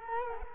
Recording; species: mosquito wingbeat signal from an infrared sensor; Culex quinquefasciatus